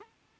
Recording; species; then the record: mosquito flight sound by mobile phone; Aedes sierrensis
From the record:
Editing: cut to the mosquito's sound